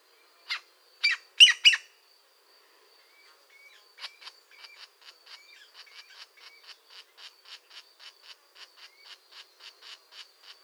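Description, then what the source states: European green woodpecker calls: a few loud harsh notes, then a long run of soft, rapid ticking notes repeated about four times a second. A pair active at the nest.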